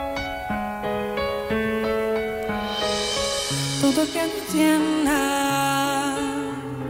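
A song played on NPO Radio 1 opens with steady piano notes, then a woman's voice enters, singing long, warbling tones with vibrato over the piano accompaniment at moderate volume.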